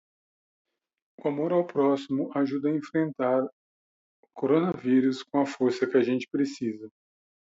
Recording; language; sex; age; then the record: spoken sentence; Brazilian Portuguese; male; 40 to 49 years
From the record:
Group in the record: control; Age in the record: 48 years